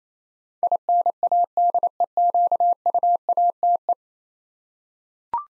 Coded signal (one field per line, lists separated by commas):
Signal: Morse code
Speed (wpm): 28 wpm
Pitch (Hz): 700 Hz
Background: none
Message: INADEQUATE